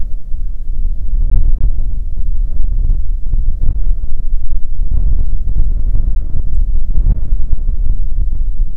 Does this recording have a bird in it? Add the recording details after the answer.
no. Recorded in the Prudhoe Bay oil fields, Alaska, on 15 May 2019 at 00:01. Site 19